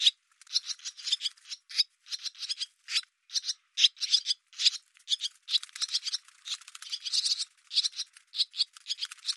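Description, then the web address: Barn swallow calls: dense, raspy chattering notes running almost without a break through the whole stretch. "cianscape birddata Deverinetal 2025"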